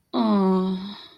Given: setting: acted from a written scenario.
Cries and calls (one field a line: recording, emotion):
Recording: vocal sound without words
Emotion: disappointment